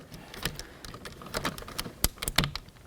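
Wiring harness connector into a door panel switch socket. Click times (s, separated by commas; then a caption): 2.0 s. A plastic wiring harness connector is pressed into a door panel switch socket on the back of the door panel of a 1988–2000 Chevy K1500 during a door lock actuator replacement. Small plastic rattles and taps build up until a sharp click at 2.0 s, followed by a few more light clicks. The connector is seated.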